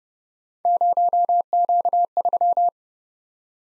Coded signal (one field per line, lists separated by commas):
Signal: Morse code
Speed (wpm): 30 wpm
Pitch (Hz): 700 Hz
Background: none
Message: 0Q3